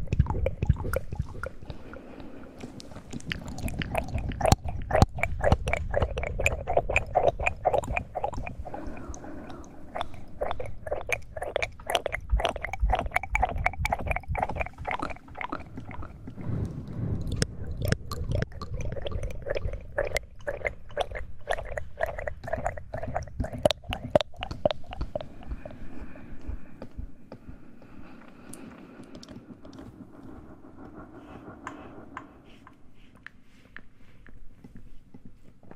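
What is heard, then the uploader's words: Wet mouth sounds made up of dense bursts of clicks, smacks and chewing-like squishes that come in rapid runs. The activity is busiest from about 4 to 25 seconds, then thins to softer, sparser clicks near the end over a quiet low rumble. ASMR Mouth Sounds.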